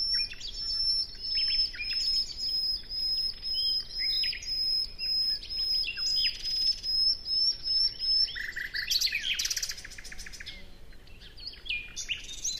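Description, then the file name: Common nightingale song opening with evenly repeated pulsed notes about twice a second under a steady high whine, then breaking into varied chirping bursts. "Luscinia megarhynchos"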